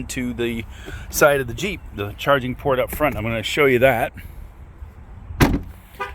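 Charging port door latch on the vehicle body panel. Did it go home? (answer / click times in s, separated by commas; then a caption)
released / 5.4 s. Someone talks, then pushes on the push-to-open charging port door on the side of a plug-in hybrid Jeep 4xe (Wrangler or Grand Cherokee), and the door latch on the body panel unlatches with a single sharp click at 5.4 s. The charging port door pops open.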